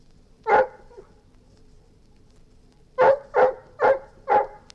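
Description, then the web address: Golden retriever with one loud bark and a faint whine, followed after a pause by four quick barks in a row. "Golden Retriever barking & whining"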